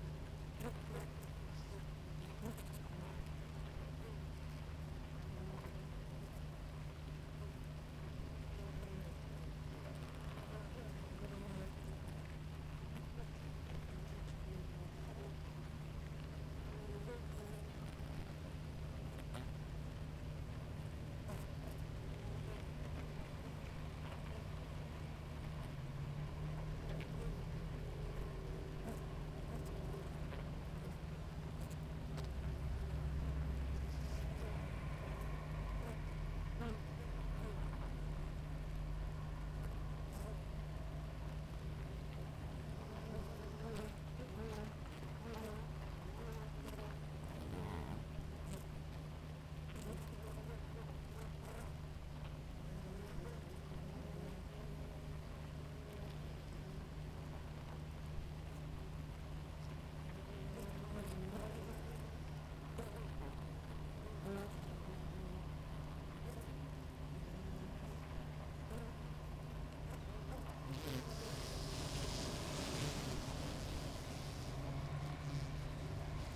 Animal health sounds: honeybee colony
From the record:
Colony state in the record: active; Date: 28 July 2017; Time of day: 5:32

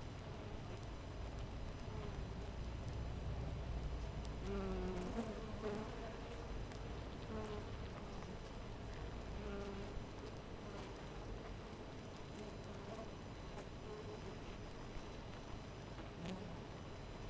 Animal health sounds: honeybee colony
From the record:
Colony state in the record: missing queen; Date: 14 July 2017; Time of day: 5:04

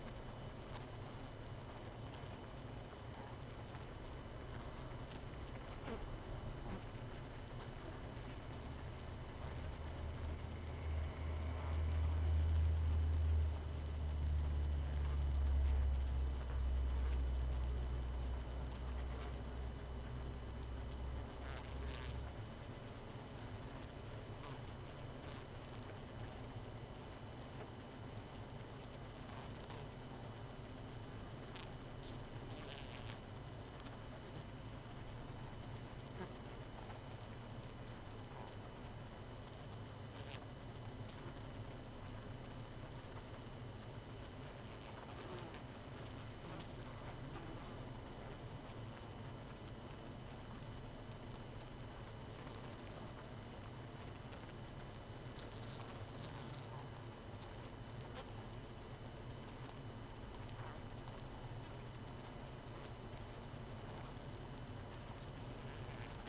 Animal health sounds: honeybee colony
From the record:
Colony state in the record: missing queen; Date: 31 May 2018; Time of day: 22:00

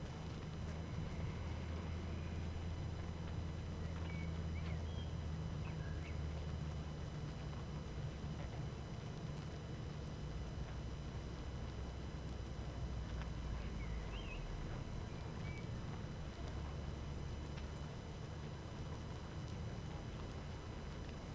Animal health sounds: honeybee colony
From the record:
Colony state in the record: active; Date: 12 June 2018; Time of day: 19:01

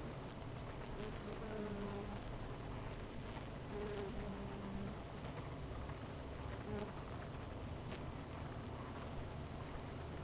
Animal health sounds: honeybee colony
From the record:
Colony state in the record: missing queen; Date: 14 July 2017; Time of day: 10:19

